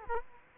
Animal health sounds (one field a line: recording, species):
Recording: mosquito wingbeat signal from an infrared sensor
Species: Culex quinquefasciatus